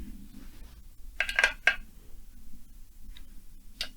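A click-type torque wrench tightens a fastener on a metal Stihl 070/090 chainsaw crankcase, which is set on the floor so weight can be leaned onto it. Two sharp metallic clicks sound at 1.2 s and 1.7 s over a low background hum, with fainter ticks later. The wrench reaches its torque setting.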